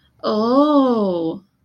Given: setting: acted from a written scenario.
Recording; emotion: vocal sound without words; realization